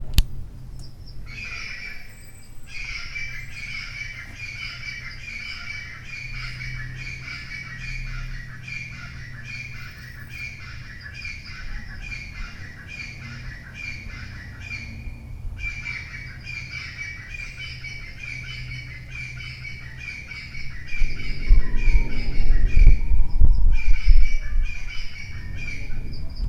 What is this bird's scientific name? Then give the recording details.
Ortygornis sephaena. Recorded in Lake Mburo, Uganda